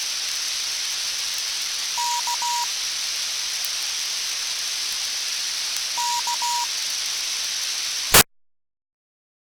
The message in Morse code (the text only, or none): K KE